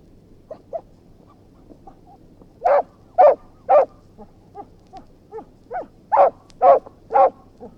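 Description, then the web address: Dog giving a series of barks, starting with quiet yelps and whines, then louder barks roughly every half second with brief whimpering notes between. Anxious dog barking with whines. "BBC Dog Anx BBC-Historical. dog anxious barking with whines"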